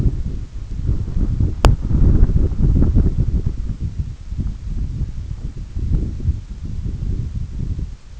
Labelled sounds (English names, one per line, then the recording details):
none
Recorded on Arctic tundra, site EABA-1, on 20 June 2018
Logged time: 18:00